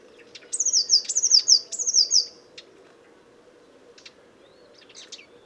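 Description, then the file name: Eurasian blue tit giving a quick series of high, thin, downward-sliding notes for about two seconds, followed by a few faint ticks and chips. "Cyanistes caeruleus"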